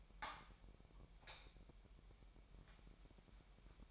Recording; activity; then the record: daily activity, microphone in the room; light on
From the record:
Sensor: 1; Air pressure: 1012.0 hPa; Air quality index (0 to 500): 233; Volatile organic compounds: 6 ppm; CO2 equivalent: 1858 ppm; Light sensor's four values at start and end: 15/35/15/17 and 18/50/20/22